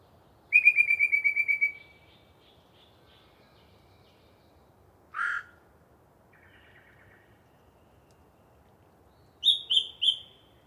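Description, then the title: Yellow-breasted chat song opening with a rapid string of whistled notes, followed after pauses by a harsh note, a buzzy chatter and three sharp whistles. Pre-dawn, a particularly chatty bird giving a long soliloquy from deciduous cover. "A Very Chatty Yellow-breasted Chat"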